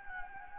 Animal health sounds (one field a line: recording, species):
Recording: mosquito wingbeat signal from an infrared sensor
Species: Anopheles gambiae